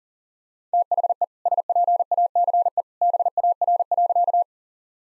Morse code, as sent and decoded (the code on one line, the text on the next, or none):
- .... . / ... .--. .- -.-. . / -... .- .-. .-.-.-
THE SPACE BAR.